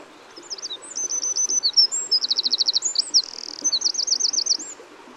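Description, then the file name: Eurasian wren song, one long high-pitched phrase of rapid trills and sharp tumbling notes with a fast rattle in the middle, delivered without pause. "Troglodytes troglodytes"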